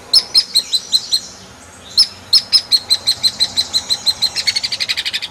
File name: platuk hairy untuk kacer murai cucak hijau